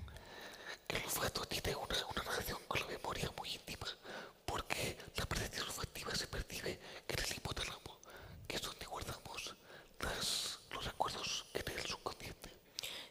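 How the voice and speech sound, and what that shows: A man speaks Spanish in an almost entirely whispered, airy voice with no real vocal tone, in fluent phrases broken by short pauses. This is the near-whisper of laryngeal dystonia (spasmodic dysphonia), a neurological condition in which involuntary spasms of the larynx prevent normal voicing.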